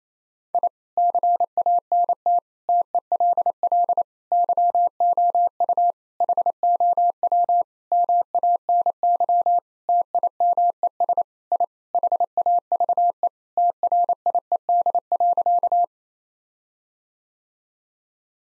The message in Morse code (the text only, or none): I CANT TELL YOU HOW MANY TIMES I HAVE TRIED.